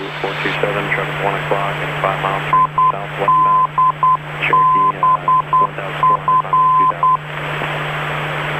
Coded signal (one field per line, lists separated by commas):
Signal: Morse code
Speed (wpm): 10 wpm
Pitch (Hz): 1020 Hz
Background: speech, radio noise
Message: IDBF